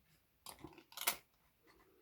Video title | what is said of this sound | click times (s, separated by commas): Stampin' Up! Merriest Moments Hybrid - Christmas Card | here, and you can feel it, it clicks in place. | 1.1 s